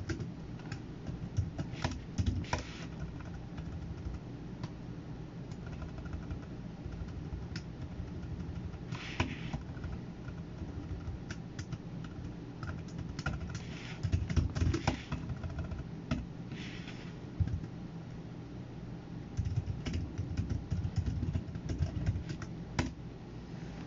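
Computer work: a low, steady rumble fills the whole clip, with bursts of light clicking and tapping on top. Brief clusters of sharper clacks come around 2, 9, 15 and 17 seconds, and a few isolated taps are scattered in between.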